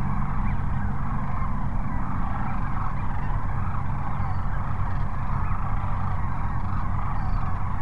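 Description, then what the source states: Sandhill crane flock, a thick wash of rattling, bugling calls without pause, low rumble underneath. Sandhill cranes at Cochise Lakes on 30 January 2019.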